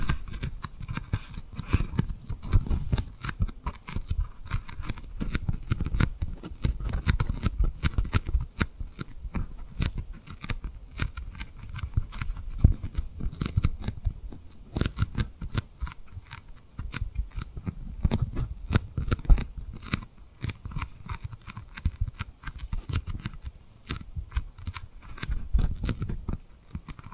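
Rapid tapping and rubbing on rhinestone lip-shaped triggers, a dense stream of small crisp clicks and scratchy brushing with no pauses. The taps are irregular and fast, each with a bright edge, over a low soft rumble from handling that swells and fades throughout.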